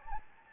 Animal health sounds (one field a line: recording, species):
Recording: mosquito wingbeat signal from an infrared sensor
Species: Anopheles gambiae